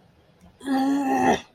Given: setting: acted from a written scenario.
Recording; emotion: vocal sound without words; anger